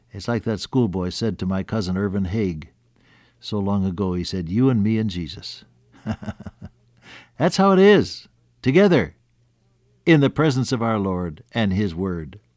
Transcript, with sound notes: It’s like that school boy said to my cousin, Irvine Haig, so long ago, he said, “You and me and Jesus.” [chuckle] That’s how it is, together in the presence of our Lord and His Word